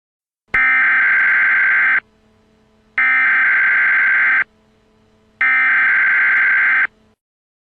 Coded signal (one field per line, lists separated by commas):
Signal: Emergency Alert System (SAME) tones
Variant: header bursts